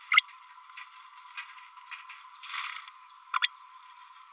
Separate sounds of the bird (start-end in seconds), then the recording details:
0.11-0.22, 3.35-3.39, 3.42-3.50. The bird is a male. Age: 32 days. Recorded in a nest box in Venezuela. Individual 17B32A6